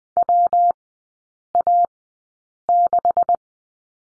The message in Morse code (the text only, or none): WA6